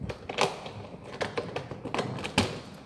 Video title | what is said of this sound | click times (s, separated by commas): Cara pasang lemari bubblestar Elegant | dan lemari sudah terkunci ya, sudah kuatnya kan terkunci. | 1.9 s, 2.4 s